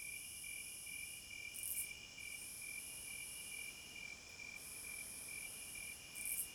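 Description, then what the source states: Crickets chirping in a steady high-pitched chorus of continuous trilling bands, with two brief louder bursts. Forest at night.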